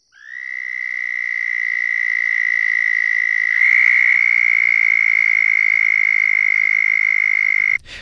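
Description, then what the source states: Southern toad trill, a high-pitched steady buzzing drone sustained for over seven seconds. Very high-pitched call, with audible dissonance when loud individual calls overlap; calls heard from March through June, especially after rains.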